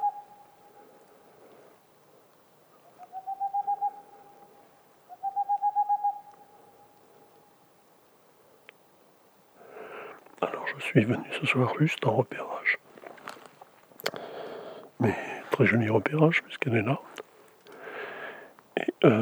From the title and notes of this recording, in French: 20h15 - en montagne - parabole Tlmkh8040 - 2x omni 8020 - Mixpre 3. La Tengmalm boréale ( Aegolius funereus). Nous sommes aux portes de la méditerranée. Ce mâle chanteur près d'une loge de Pic noir.